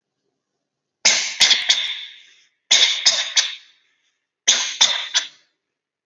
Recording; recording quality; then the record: shallow voluntary cough; excellent, no background noise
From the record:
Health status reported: exposed to COVID-19, no respiratory illness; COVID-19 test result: negative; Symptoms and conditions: none ticked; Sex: female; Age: 29 years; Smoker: not ticked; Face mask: worn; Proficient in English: yes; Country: India